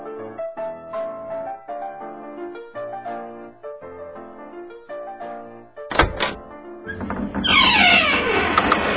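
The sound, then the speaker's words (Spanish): Three loud, quick knocks on a door break in after a stretch of soft melodic music, followed by a dense swell of sound. “Suenan 3 golpes fuertes de la puerta, por lo que doña Ramona sale a ver qué sucede.”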